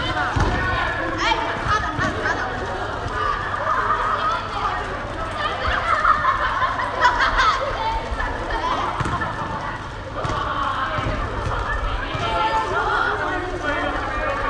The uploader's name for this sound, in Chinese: 篮球馆：少年、篮球、回声